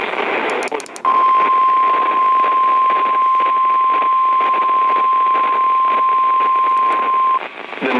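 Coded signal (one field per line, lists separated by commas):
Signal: Emergency Alert System (SAME) tones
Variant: 1050 Hz attention tone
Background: speech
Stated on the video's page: Severe weather EAS alerts, including from NOAA Weather Radio, during thunderstorms with hail.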